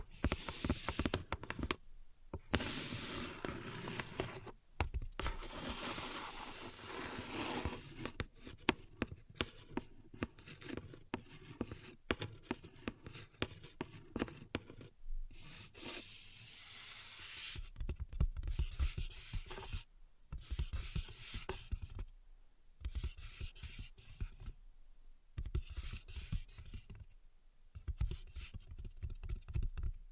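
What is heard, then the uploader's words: Dry scratching and tapping with no object to be seen, heard as dense, bright bursts of rubbing and scraping. Short silences break it up around 2, 4.5, 15, 20, 22 and 27 seconds. Quick sharp taps are scattered throughout. ASMR Invisible Tapping and Scratching (No Talking).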